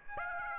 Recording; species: mosquito wingbeat signal from an infrared sensor; Aedes aegypti